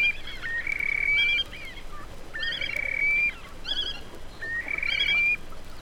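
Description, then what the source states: Terek sandpiper calls: several drawn-out clear whistles with quavering higher notes, against faint background noise. Several birds calling to each other on river shoals.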